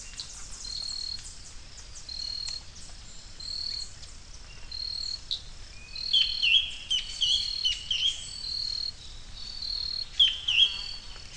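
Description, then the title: Bird song of steady high whistled notes repeated roughly every second, joined midway by quick dipping chirps, with a continuous faint hiss behind. "LuckyPassaro Completos2Sama"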